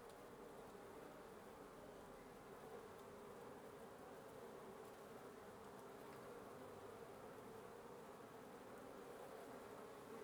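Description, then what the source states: Wasp colony humming in an unbroken, even buzz that holds steady throughout without pauses. Wasp nest under the roof of a residence in Antigua Guatemala, Guatemala, recorded in the morning; headphone listening recommended.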